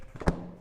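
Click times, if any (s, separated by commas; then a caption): 0.2 s, 0.3 s. The rider's seat of a 2022 KTM 1290 Super Adventure S is pressed back onto the frame, its front engaging two plastic side clips. Two short thunks snap in at 0.2 s and 0.3 s, the second the loudest, followed by a faint low ring as the seat sits seated in the clips.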